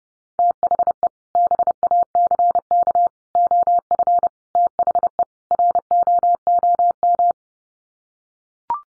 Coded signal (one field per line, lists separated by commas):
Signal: Morse code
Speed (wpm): 28 wpm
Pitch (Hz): 700 Hz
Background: none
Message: THE BACK OF THE ROOM